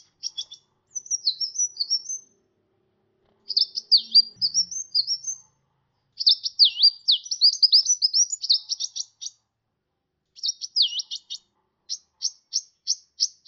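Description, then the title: Sunbird giving high, scratchy twittering phrases with swooping whistled notes and bursts of quick ticking, separated by brief silences. "kicau kolibri"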